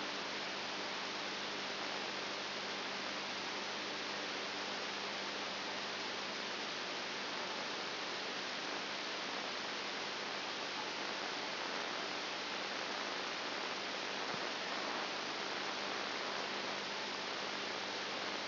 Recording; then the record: brain microelectrode recording played as sound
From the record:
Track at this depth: outside the subthalamic nucleus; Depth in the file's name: 7.3 mm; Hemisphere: right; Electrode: 2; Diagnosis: Parkinson's disease